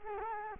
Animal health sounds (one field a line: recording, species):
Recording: mosquito wingbeat signal from an infrared sensor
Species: Culex quinquefasciatus